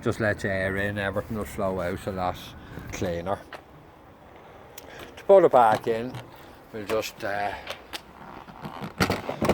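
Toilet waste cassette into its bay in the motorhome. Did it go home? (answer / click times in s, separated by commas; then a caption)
yes / 9.0 s. Someone talks while the emptied toilet waste cassette of a 2014 Volkswagen Leisure Drive motorhome is set back into its bay and pushed in. A few light knocks come before it, and it clicks and latches into place at 9.0 s.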